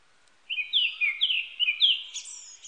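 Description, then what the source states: Japanese thrush song: a quick series of bright, slurred whistled notes, followed by a thin, high twittering flourish. Recorded 19 April 1998.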